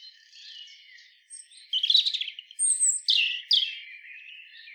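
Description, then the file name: European robin pouring out a loud, varied warble of rapid twittering notes, sharp high whistles and descending slurs after a quieter start. "Erithacus rubecula"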